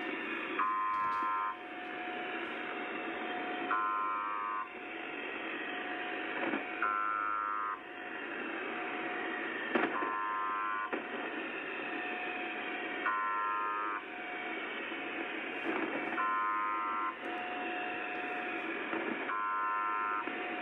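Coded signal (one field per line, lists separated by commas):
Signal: channel marker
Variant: UVB-76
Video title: Les Stations nombres & Station UVB-76 !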